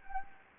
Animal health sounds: mosquito wingbeat signal from an infrared sensor; Anopheles gambiae

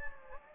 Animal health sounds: mosquito wingbeat signal from an infrared sensor; Anopheles gambiae

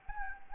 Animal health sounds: mosquito wingbeat signal from an infrared sensor; Anopheles gambiae

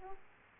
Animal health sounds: mosquito wingbeat signal from an infrared sensor; Aedes aegypti

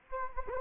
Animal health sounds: mosquito wingbeat signal from an infrared sensor; Anopheles gambiae

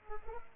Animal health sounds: mosquito wingbeat signal from an infrared sensor; Culex pipiens

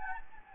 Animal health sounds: mosquito wingbeat signal from an infrared sensor; Anopheles gambiae

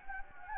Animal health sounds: mosquito wingbeat signal from an infrared sensor; Anopheles gambiae

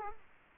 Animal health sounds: mosquito wingbeat signal from an infrared sensor; Culex quinquefasciatus

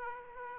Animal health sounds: mosquito wingbeat signal from an infrared sensor; Aedes aegypti

